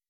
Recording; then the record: hydrophone in a shrimp aquaculture tank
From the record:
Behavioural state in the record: weakened